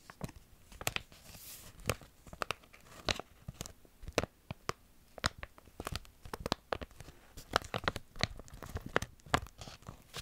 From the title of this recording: Intense Tingly Crinkling Sounds